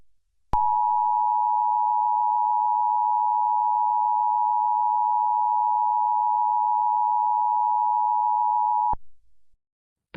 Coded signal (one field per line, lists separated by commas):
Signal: Emergency Alert System (SAME) tones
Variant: 853 and 960 Hz attention tone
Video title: (random video 1) EAS Interupts IESSAUA in Cartoon Network (COMPLETELY FAKE SO NO PANIC)